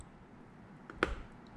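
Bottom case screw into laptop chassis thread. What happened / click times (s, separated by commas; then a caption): Small screw thread drops into its starting position / 1.0 s. A small bottom-case screw set in its hole on a 2020 MacBook Air is turned counterclockwise with a screwdriver under very light pressure, to avoid cross-threading. A faint tick at 0.9 s is followed by a sharp pop at 1.0 s as the thread drops into its starting position. The screw is seated and ready to be tightened.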